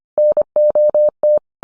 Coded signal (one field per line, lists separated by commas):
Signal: Morse code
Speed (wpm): 25 wpm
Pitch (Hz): 600 Hz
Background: none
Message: NOT